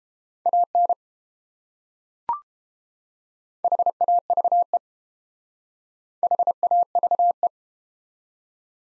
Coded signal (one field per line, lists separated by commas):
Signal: Morse code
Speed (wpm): 30 wpm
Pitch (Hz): 700 Hz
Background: none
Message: AN HAVE HAVE